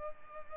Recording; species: mosquito wingbeat signal from an infrared sensor; Culex pipiens